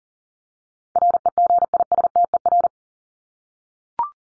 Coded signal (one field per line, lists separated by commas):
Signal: Morse code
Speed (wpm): 40 wpm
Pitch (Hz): 700 Hz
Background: none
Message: REGISTER